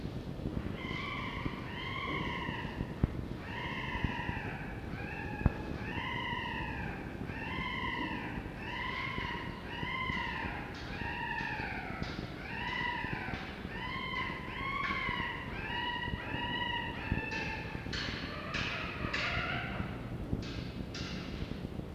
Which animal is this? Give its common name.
Red Fox